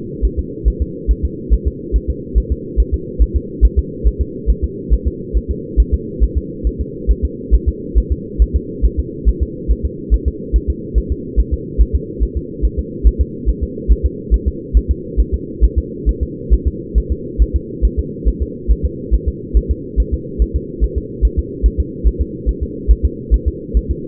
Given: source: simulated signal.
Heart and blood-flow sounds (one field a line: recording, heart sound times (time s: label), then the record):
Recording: fetal heart sounds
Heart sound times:
0.25 s: S1
0.39 s: S2
0.68 s: S1
0.82 s: S2
1.11 s: S1
1.25 s: S2
1.53 s: S1
1.67 s: S2
1.96 s: S1
2.10 s: S2
2.38 s: S1
2.52 s: S2
2.80 s: S1
2.94 s: S2
3.22 s: S1
3.36 s: S2
3.65 s: S1
3.79 s: S2
4.07 s: S1
4.21 s: S2
4.50 s: S1
4.64 s: S2
4.93 s: S1
5.07 s: S2
5.37 s: S1
5.51 s: S2
5.80 s: S1
5.94 s: S2
6.23 s: S1
6.38 s: S2
6.67 s: S1
6.81 s: S2
7.11 s: S1
7.25 s: S2
7.54 s: S1
7.69 s: S2
7.98 s: S1
8.12 s: S2
8.42 s: S1
8.56 s: S2
8.85 s: S1
8.99 s: S2
9.29 s: S1
9.43 s: S2
9.71 s: S1
9.85 s: S2
10.14 s: S1
10.28 s: S2
10.56 s: S1
10.70 s: S2
10.98 s: S1
11.12 s: S2
11.40 s: S1
11.53 s: S2
11.81 s: S1
11.95 s: S2
12.23 s: S1
12.37 s: S2
12.65 s: S1
12.79 s: S2
13.07 s: S1
13.21 s: S2
13.49 s: S1
13.63 s: S2
13.91 s: S1
14.06 s: S2
14.34 s: S1
14.48 s: S2
14.77 s: S1
14.91 s: S2
15.20 s: S1
15.34 s: S2
15.64 s: S1
15.78 s: S2
16.09 s: S1
16.23 s: S2
16.53 s: S1
16.67 s: S2
16.98 s: S1
17.12 s: S2
17.42 s: S1
17.56 s: S2
17.85 s: S1
17.99 s: S2
18.28 s: S1
18.42 s: S2
18.71 s: S1
18.85 s: S2
19.14 s: S1
19.28 s: S2
19.57 s: S1
19.71 s: S2
20.00 s: S1
20.14 s: S2
20.42 s: S1
20.56 s: S2
20.84 s: S1
20.98 s: S2
21.25 s: S1
21.39 s: S2
21.66 s: S1
21.80 s: S2
22.07 s: S1
22.21 s: S2
22.49 s: S1
22.63 s: S2
22.91 s: S1
23.05 s: S2
23.34 s: S1
23.48 s: S2
23.77 s: S1
23.91 s: S2
From the record:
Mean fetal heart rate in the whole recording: 140 bpm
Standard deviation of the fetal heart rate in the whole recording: 2 bpm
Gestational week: 34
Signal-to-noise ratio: -4.1 dB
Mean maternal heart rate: no maternal heart sound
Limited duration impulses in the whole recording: absent